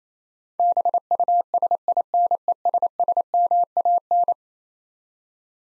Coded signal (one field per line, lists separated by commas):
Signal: Morse code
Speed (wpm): 27 wpm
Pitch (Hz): 700 Hz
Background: none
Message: BUSINESSMAN